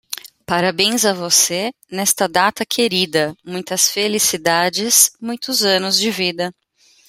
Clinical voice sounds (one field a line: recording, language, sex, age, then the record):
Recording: short text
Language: Brazilian Portuguese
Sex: female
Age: 30 to 39 years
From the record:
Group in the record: control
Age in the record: 39 years